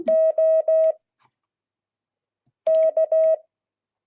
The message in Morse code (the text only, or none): O K